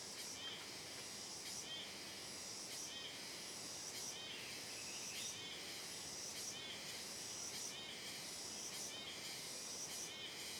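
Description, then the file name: Cicadas buzzing in a loud, shrill chorus, the sound throbbing in regular surges about once a second throughout. "Coro de Cigarras em Trilha de Mata Fechada Reverberando"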